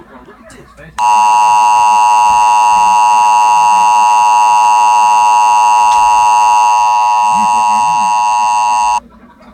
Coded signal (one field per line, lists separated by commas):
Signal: Emergency Alert System (SAME) tones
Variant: 853 and 960 Hz attention tone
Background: speech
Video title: EAS: Winter Storm #1